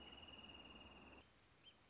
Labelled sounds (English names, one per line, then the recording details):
Wrentit
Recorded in Sonoma County, California